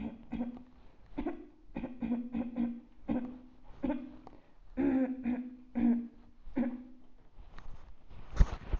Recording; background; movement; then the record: throat clearing; quiet; sitting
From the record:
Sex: female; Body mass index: 36.4 kg/m2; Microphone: on the chest, facing outward